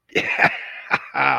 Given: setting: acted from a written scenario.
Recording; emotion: vocal sound without words; triumph